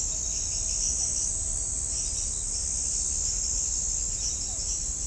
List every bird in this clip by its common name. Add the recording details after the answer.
none. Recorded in shrubland near Pivijay, Magdalena, Colombia, on 5 June 2023 at 03:00. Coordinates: 10.453, -74.365. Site P5-G022